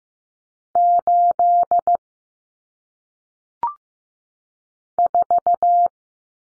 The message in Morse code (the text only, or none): 8 4